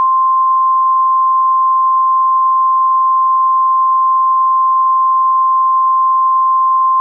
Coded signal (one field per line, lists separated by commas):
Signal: Emergency Alert System (SAME) tones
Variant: 1050 Hz attention tone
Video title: EAS Scenario 20 Yellowstone Panty Eruption